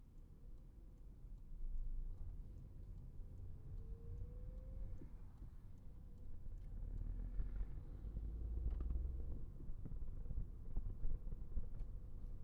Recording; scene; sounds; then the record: everyday scene through a hearing-aid microphone; in a vehicle; engine, traffic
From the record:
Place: Skoda Fabia, gasoline engine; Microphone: behind the ear, right, rear